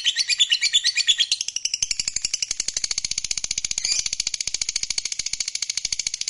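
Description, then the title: Lovebird giving a long shrill trill of rapid chirping pulses, continuing without a break throughout. Fighter-type lovebird performing ngekek panjang, a long continuous trill. "Begitu Dengar Suara Lovebird FIGHTER NGEKEK PANJANG"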